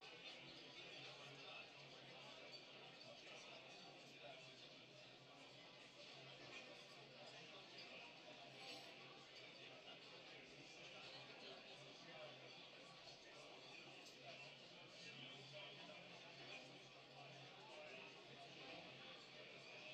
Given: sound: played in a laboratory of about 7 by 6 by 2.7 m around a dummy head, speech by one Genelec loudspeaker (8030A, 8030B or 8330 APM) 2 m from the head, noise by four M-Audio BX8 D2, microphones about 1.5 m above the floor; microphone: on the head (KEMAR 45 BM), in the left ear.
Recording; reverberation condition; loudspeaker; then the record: cafeteria noise; low; four, about 170 cm from the corners of the room and facing them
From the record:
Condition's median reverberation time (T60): about 310 ms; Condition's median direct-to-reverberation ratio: about 3.5 dB